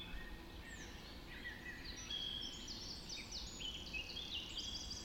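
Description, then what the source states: Dawn chorus, several birds with whistled slurs and fast trilled phrases overlapping, accompanied by a low steady rumble. Dawn chorus recorded just after dawn in the Forest of Dean.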